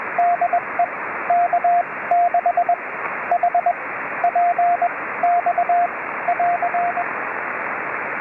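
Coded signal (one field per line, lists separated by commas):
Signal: Morse code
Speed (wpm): 23 wpm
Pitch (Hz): 700 Hz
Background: radio noise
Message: DE K6HPX <AR>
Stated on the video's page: CW contacts made during a Summits on the Air activation on a volcanic cinder cone summit.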